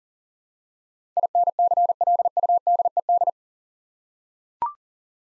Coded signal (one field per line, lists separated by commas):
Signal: Morse code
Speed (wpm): 40 wpm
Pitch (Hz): 700 Hz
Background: none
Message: INCLUDED